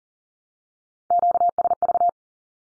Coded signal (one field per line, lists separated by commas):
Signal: Morse code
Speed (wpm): 40 wpm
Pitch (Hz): 700 Hz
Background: none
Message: QSV